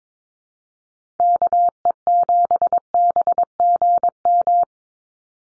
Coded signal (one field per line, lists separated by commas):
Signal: Morse code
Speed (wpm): 22 wpm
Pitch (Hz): 700 Hz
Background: none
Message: KE7BGM